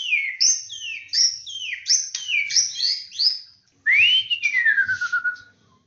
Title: murai batu